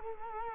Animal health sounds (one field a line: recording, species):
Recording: mosquito wingbeat signal from an infrared sensor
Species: Culex quinquefasciatus